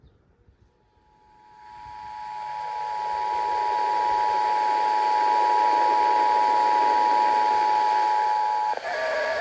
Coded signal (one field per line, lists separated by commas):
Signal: Emergency Alert System (SAME) tones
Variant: 853 and 960 Hz attention tone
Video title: Arizona New RMT Message & South Bay SVRs (EAS #24962-25037) 3/5/25